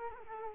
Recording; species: mosquito wingbeat signal from an infrared sensor; Culex quinquefasciatus